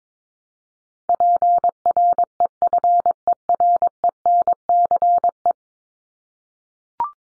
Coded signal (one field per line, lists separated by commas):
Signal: Morse code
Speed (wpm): 22 wpm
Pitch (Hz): 700 Hz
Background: none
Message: PREFERENCE